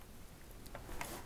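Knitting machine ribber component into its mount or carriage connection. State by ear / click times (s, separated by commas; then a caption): not seated / none. A part of a new knitting machine ribber setup is pushed toward its mount or carriage connection, giving only faint, low taps at about 0.8 s and 1.0 s. Nothing has clicked into place yet.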